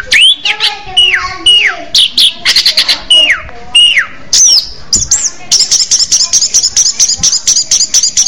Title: Anis Merah